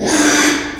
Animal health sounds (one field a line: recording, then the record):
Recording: squeal of a Yucatan mini pig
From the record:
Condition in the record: after surgery on the right vocal fold (resection and tissue-engineered implant)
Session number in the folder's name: 3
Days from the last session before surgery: 33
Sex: male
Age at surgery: 12 weeks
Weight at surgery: 13 kg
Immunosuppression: cyclosporine, prednisolone